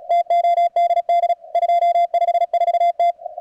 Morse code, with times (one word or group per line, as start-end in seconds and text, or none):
0.1-1.3 TODD
1.6-3.1 254T